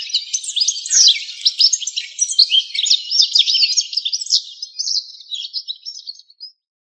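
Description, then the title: Bird song, a rapid continuous run of varied high chirps and twitters that carries on for most of the stretch, then stops. "LuckyPassaros CompletosSama"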